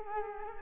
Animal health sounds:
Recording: mosquito wingbeat signal from an infrared sensor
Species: Culex quinquefasciatus

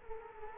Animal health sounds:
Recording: mosquito wingbeat signal from an infrared sensor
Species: Culex quinquefasciatus

